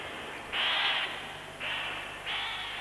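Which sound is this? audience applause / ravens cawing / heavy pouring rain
ravens cawing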